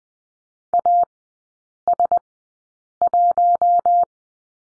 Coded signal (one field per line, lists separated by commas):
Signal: Morse code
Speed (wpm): 20 wpm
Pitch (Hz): 700 Hz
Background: none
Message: AS1